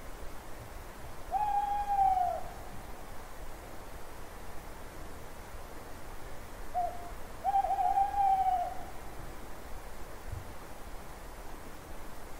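Owl calls: two sustained, slightly falling hoots roughly six seconds apart, the later one opened by a short clipped note, against quiet background noise.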